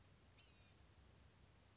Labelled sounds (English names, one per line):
Blue-gray Gnatcatcher